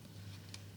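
A replacement plastic adapter insert is pressed into a phone game controller cradle and snaps into place. A short, sharp click at 0.5 s rises over a steady low hum. The insert is seated.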